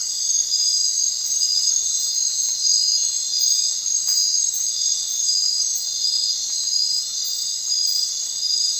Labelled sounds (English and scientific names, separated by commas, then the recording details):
none
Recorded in secondary vegetation near Puerto Asís, Putumayo, Colombia, on 30 June 2025 at 21:00
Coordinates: 0.499, -76.323
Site G077